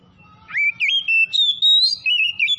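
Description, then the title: Oriental magpie-robin song: a loud whistled phrase that sweeps up, then holds and wavers through bright, sliding notes of varying pitch, with a faint low hum beneath. Called by the Indonesian name kacer; described as gacor, singing actively in full song; Tretes named alongside. "Kacer Tretes Gacor"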